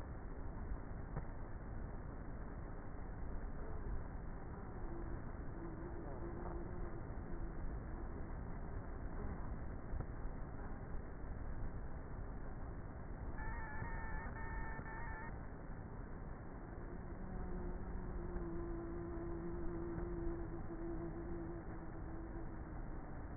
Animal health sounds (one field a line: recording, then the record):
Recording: honeybee colony, microphone inside the hive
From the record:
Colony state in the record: queenless with a low population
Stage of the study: before two queens were removed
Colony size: about 30,000 bees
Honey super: no